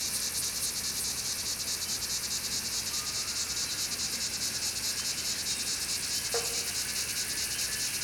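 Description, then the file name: Squeakers calling as a dense, steady high-pitched chorus of rapid pulsed chirps. "Andrew Skeoch - Montane and Black Squeakers"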